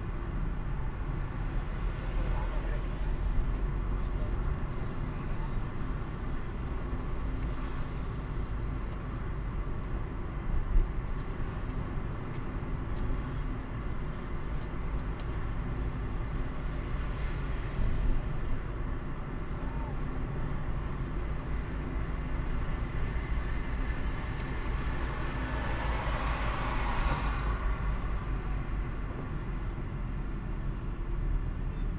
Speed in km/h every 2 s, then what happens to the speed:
33, 35, 39, 39, 36, 38, 39, 40, 39, 39, 41, 41, 38, 34, 32, 28.
0-4 speeds up to 39. 4-22 steady at about 39. 22-32 slows to 28.